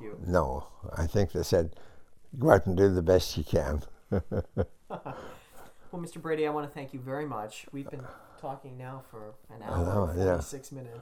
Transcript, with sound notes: No. No. I think they said "Go out and do the best you can." [Laughs]
Well, Mr. Brady, I want to thank you very much. We've been talking now for an hour and forty-six minutes.